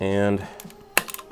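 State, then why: Seated. The detachable stock of a VSS Vintorez rifle is slid back onto the receiver along its small rails until it latches. Someone talks at first, then a sharp click at 0.98 s shows the stock has clicked back in and seated, followed by a few quieter handling taps.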